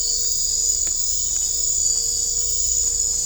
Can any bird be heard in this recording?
no